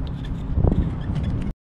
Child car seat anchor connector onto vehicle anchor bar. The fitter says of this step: Yan. So nakalock siya. Dapat mag-click. May marinig yung click.